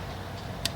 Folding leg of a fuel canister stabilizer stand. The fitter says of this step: and they click into place boom